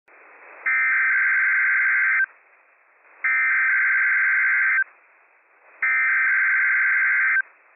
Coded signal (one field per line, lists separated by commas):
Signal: Emergency Alert System (SAME) tones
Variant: header bursts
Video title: WWF56 Required Weekly Test from NWS Pendleton, Oregon - EAS #329 - 10:35 AM PDT 10/9/24